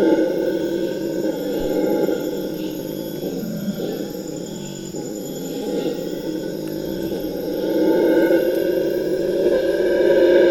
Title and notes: Amazon basin - Dawn - Motmots And Howlers. Soon thereafter the local Howler Monkey gang follows suit, accompanied by frogs and other birds